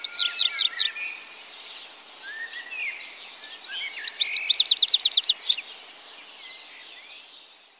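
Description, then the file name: European goldfinch song in two bursts of quick, liquid twittering and rhythmic repeated chirps, separated by a quieter stretch of soft background calls. "Steglits"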